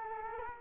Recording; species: mosquito wingbeat signal from an infrared sensor; Culex quinquefasciatus